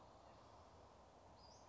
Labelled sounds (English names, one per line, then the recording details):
Western Flycatcher
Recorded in Sonoma County, California